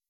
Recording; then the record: hydrophone in a shrimp aquaculture tank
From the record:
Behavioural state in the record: weakened